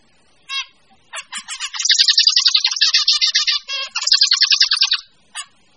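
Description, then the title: Bird song: a few short bursts, then a dense run of rapid, high chattering and twittering notes, with one brief chirp at the end. "manuk campur"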